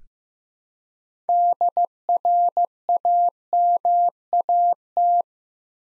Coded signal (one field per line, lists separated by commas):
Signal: Morse code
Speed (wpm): 15 wpm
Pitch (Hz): 700 Hz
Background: none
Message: DRAMAT